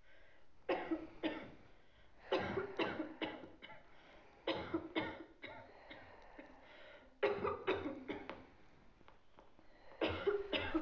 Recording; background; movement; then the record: deep breathing; a bystander coughing; sitting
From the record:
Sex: female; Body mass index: 36.4 kg/m2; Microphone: on the chest, facing outward